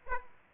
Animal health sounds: mosquito wingbeat signal from an infrared sensor; Aedes aegypti

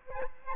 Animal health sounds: mosquito wingbeat signal from an infrared sensor; Aedes albopictus

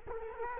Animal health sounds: mosquito wingbeat signal from an infrared sensor; Culex quinquefasciatus

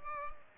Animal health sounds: mosquito wingbeat signal from an infrared sensor; Culex pipiens

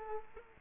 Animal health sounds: mosquito wingbeat signal from an infrared sensor; Culex quinquefasciatus

